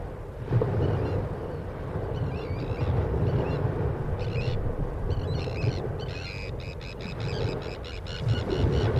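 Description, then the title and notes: Sandwich terns utter hoarse, grating calls in rapid clusters, with surf rumbling steadily underneath. Sandwich terns calling over waves breaking on a shingle beach. "Just Sandwich terns calling over the waves falling on the shingle beach."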